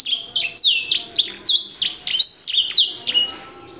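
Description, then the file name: Canary song of fast high chirps and downward-sweeping whistles, busy at first and fading out toward the end. Tasmania canary type, a domestic canary variety. "kenari tazmania omkicau"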